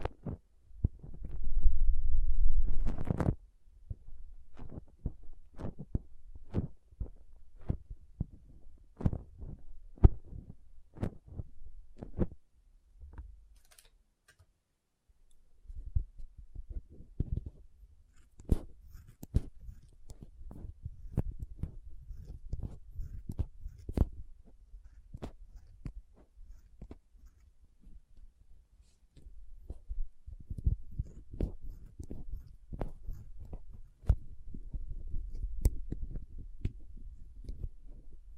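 Soft squishy, sticky sounds with crinkles and cutting, sharp clicks scattered irregularly, a thick low squelch near the start, and a quiet gap around fifteen seconds.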